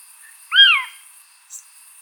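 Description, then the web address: Eurasian scops owl uttering a single mellow whistled note that falls away, followed by a brief faint click, against a constant insect drone. "otus scops call"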